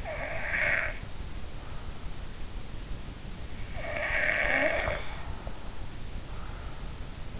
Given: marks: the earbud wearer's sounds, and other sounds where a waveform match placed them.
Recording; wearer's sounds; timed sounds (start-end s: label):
sounds in sleep by an in-ear microphone; snoring breath
0.00-2.18 s: snoring breath
3.77-7.04 s: snoring breath